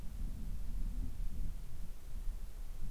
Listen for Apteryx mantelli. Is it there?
no